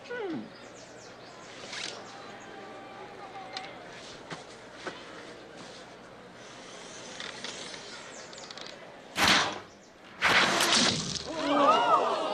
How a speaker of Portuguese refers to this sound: Ele repartiu a flecha de Robin em duas partes!